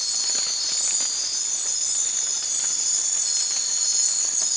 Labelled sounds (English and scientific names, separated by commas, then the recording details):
none
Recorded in secondary vegetation near Puerto Asís, Putumayo, Colombia, on 12 March 2025 at 00:00
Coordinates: 0.499, -76.323
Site G094